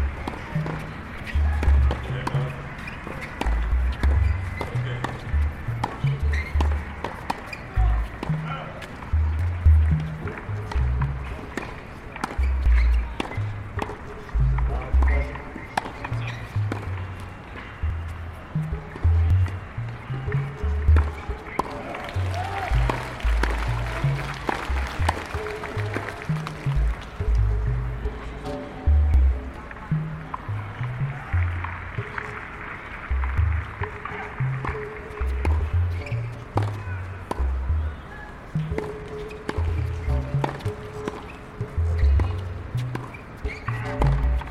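Sounds from the US Open tennis tournament in New York: a dense, steady crowd murmur with constant low thumping and frequent sharp clicks throughout. Voices rise and fall in the chatter, and a brief hissing swell rises around the twenty-two to twenty-seven second mark.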